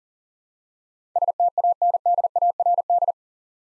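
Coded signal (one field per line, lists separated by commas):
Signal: Morse code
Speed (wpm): 43 wpm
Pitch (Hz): 700 Hz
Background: none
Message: STANDARD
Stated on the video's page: Morse practice at 40 wpm sending 8-letter words for head-copy, each word sent twice with spoken prompts between.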